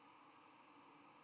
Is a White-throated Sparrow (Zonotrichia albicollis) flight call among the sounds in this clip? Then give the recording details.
no. Another species' flight call is heard. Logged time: 04:24 on 12 November 2014